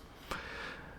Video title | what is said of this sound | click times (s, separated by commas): Roxon's New Tool! Roxon's Fantastic Strategy! | And of course, this bit driver locks into place, which is awesome. | 0.3 s